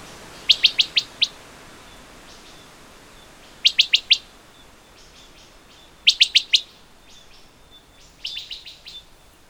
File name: wood thrush call-notes by andrew spencer